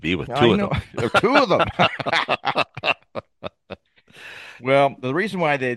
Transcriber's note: laughs